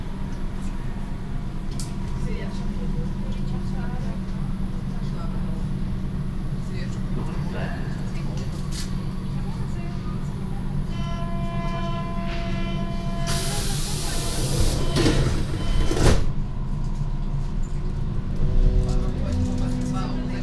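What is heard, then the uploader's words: A U-Bahn train runs with a steady low rumble and murmuring voices, then a loud hissing burst near fifteen seconds and rising tones. U-Bahn Rathaus Neuköln - Alexanderplatz Berlin. The whole U-Bahn trip from Rathaus Neuköln to Alexanderplatz.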